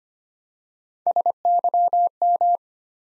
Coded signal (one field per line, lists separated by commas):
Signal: Morse code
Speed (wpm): 25 wpm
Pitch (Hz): 700 Hz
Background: none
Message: SYM